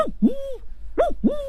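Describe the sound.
A person imitates an older cuckoo's call with a jaw harp held in the mouth and plucked by hand, voicing sounds from deep in the throat: two paired hooting phrases, each a low falling note followed by a swooping, sustained tone, repeated once after a short pause.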